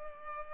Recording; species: mosquito wingbeat signal from an infrared sensor; Culex pipiens